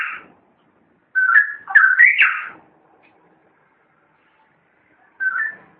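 Long-tailed shrike song: a short whistle, then a jumbled rising warbled phrase, a long pause, and a brief final whistle.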